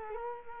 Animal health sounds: mosquito wingbeat signal from an infrared sensor; Culex quinquefasciatus

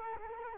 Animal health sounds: mosquito wingbeat signal from an infrared sensor; Culex quinquefasciatus

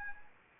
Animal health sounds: mosquito wingbeat signal from an infrared sensor; Anopheles arabiensis

